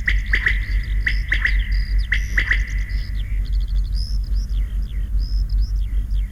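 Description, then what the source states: Common Quail calling, short sharp notes near the same pitch, given in quick groups of two or three about once a second, with busy high warbling song from other birds. Calling very close by in a field; call rendered as 'spat' pora, spat' pora' ('time to sleep').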